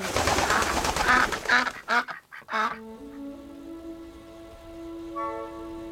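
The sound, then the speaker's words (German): Harsh, raspy honking calls from a goose or duck, several rapid bursts in a row, followed by a steadier, drawn-out tonal call that lingers to the end. “Dieser Vogel ist von Haus aus Fußball.”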